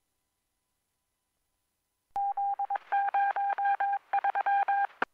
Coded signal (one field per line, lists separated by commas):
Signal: Morse code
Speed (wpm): 22 wpm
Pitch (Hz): 800 Hz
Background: none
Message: Z03